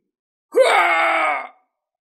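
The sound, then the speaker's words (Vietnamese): A man lets out one loud, sustained cry of pain, starting with a rising strained groan and holding steady for about a second before cutting off abruptly. No one speaks. “Đột nhiên tên tổ vương vừa bị thương hét to, gã như là cái rối gỗ bị người ta khống chế treo lên giữa trời cao.”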